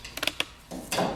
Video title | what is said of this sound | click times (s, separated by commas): Mounting Standard & SwiftLoad Heads to Straight Shaft Trimmers | and just pop the head open | 0.4 s